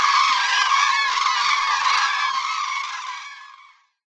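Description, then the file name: Common crane flock chorus, many overlapping rolling calls blending into a steady clamour that fades away to silence near the end. "zuraw"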